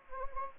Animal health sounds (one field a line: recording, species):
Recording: mosquito wingbeat signal from an infrared sensor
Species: Anopheles gambiae